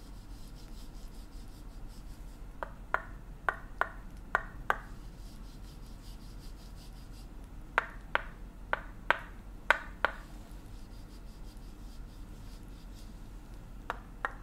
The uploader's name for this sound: Tok Sen Thai hammer back and neck massage